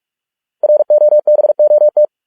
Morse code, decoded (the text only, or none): ROBOT